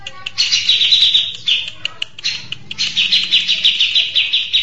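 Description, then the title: Mixed birds in a rapid, dense chatter of high twittering notes, nearly continuous with brief pauses, over a soft low hum. "Burung Campur2"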